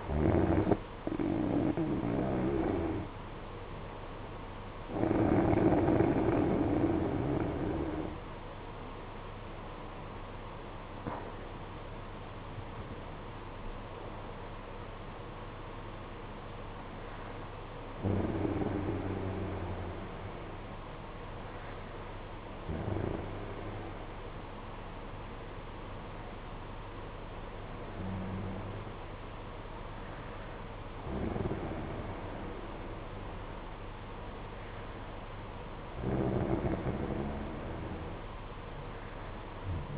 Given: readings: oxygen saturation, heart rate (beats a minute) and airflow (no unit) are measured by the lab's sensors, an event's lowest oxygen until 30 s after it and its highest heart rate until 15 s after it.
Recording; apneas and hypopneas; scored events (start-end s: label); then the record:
breathing in sleep by a voice recorder at the bedside; none
none scored
From the record:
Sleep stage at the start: N2 (light sleep); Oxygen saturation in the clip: 92 to 94%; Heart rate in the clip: 52 to 72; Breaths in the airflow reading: 9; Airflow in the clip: -5.2 to 6.6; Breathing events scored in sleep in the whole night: 476 in 9.7 hours asleep